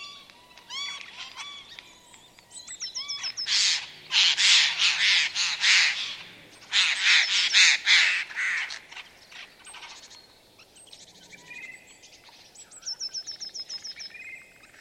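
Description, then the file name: Eurasian jay harsh, rasping screeches in two loud rapid bursts of several notes each, while other small birds whistle and trill high-pitched phrases before and after. "Garrulus glandarius"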